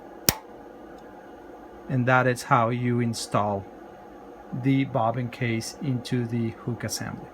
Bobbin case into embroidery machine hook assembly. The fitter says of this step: hear that click you push it and then you hear the click and that is